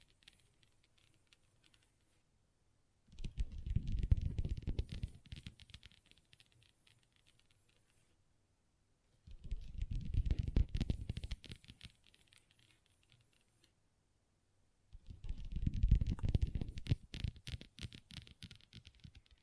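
Long nails tap and scratch rapidly on a table in three separate bursts, each lasting about four to five seconds, with quiet gaps between them. The clicks are dense and fast, with a low rumbling thud underneath and a bright scratchy edge on top.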